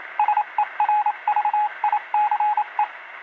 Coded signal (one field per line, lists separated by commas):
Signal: Morse code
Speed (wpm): 27 wpm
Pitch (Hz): 840 Hz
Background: radio noise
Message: SERVICE